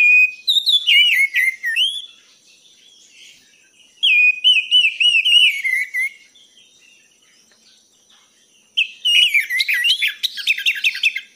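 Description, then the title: Thrush song of looping, slurred whistles in three long bursts, ending with a faster, denser twittering passage. Training recording (masteran) for teaching caged songbirds, titled as a gacor teler bird. "anis gacor teler"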